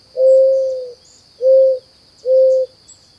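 Mourning dove coos: three low, steady hooting notes, the first longest, about half a second apart, over a constant high-pitched whine.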